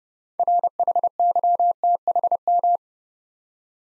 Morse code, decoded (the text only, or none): RHYTHM